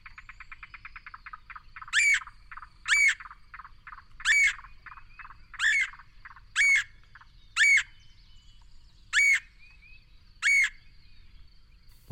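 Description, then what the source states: Woodpecker calls: a quick series of short notes, then eight harsh, rasping calls spaced about a second or more apart, with short notes between the early ones. Male and female take turns excavating a nest cavity in a dead tree; after 15 to 20 minutes of drilling, one climbs to an upper limb and gives a loud call, summoning its mate.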